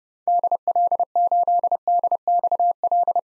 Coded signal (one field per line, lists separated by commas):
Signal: Morse code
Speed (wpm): 30 wpm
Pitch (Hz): 700 Hz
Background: none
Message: DL8DXL